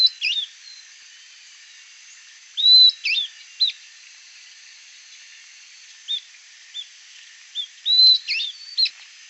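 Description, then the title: Southern beardless tyrannulet giving high, sharp whistled notes in short clusters, some rising then dropping, spaced by pauses of a few seconds. "LuckyPassaro Completos2Sama. Southern Beardless Tyrannulet (Camptostoma obsoletum)"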